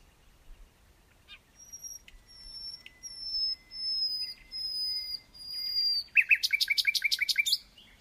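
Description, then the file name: Common nightingale song: several soft, drawn-out pure whistles rising in loudness, followed by a rapid run of repeated sharp chirps. "Luscinia megarhynchos"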